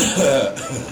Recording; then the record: coughing mixed with background sound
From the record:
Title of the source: Spring Cold Coughing.